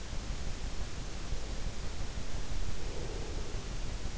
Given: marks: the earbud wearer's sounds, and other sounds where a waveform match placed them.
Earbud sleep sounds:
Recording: sounds in sleep by an in-ear microphone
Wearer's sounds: breath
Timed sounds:
1.40-3.75 s: breath

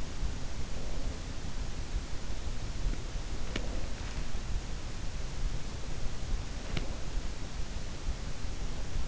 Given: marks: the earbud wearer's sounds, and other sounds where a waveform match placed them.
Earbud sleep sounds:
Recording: sounds in sleep by an in-ear microphone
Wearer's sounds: breath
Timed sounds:
0.00-2.07 s: breath
2.78-4.63 s: breath
6.04-7.52 s: breath

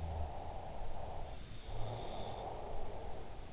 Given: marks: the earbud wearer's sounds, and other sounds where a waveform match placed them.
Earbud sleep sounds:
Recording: sounds in sleep by an in-ear microphone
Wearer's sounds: breath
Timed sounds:
0.00-0.45 s: sound from someone else or the room
0.08-3.53 s: breath

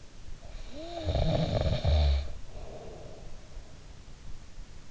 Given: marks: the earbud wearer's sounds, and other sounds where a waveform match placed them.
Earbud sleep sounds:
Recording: sounds in sleep by an in-ear microphone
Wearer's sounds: snoring breath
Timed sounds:
0.45-3.43 s: snoring breath

